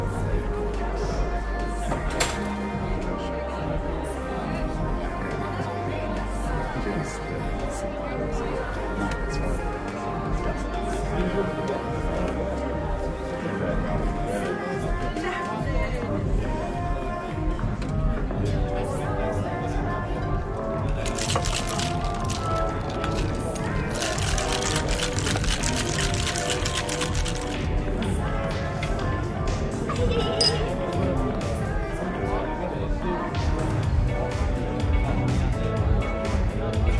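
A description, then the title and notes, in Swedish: Murmuring bar sounds: many overlapping voices blend into a steady, dense chatter with no single speaker standing out. Level stays even throughout. Around the 21 to 28 second mark a bright hissing rush rises over the crowd, with scattered clinks and knocks elsewhere. Baren. En timme sorlande barljud.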